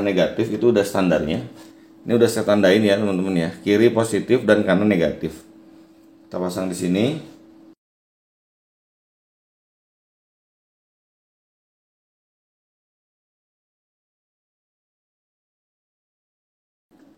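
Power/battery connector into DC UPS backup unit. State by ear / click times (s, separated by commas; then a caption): not seated / none. Someone talks while handling a power connector with wires marked left positive and right negative, fitting it into a standard 10A DC backup/UPS unit. The talk stops around 7.7 s and is followed by near silence, with a single faint sound at about 17.0 s. The connector has not yet locked into the unit, and nothing has seated or clicked yet.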